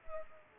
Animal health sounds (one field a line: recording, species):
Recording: mosquito wingbeat signal from an infrared sensor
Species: Culex pipiens